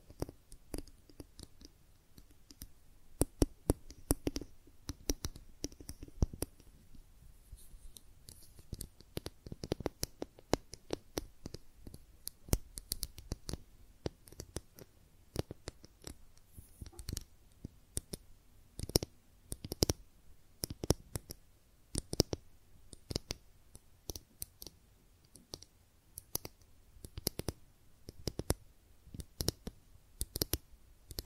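Makeup tapping and scratching: sharp, irregular clicks and taps arrive in quick bursts throughout, with soft scratchy rustling filling the quiet gaps.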